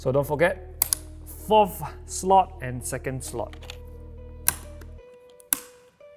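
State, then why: Seated. Two DDR5 memory sticks are pressed into the fourth and second DIMM slots of a motherboard while someone talks over background music. Two sharp clicks sound at 4.5 s and 5.5 s as the slot latches snap shut and the sticks seat.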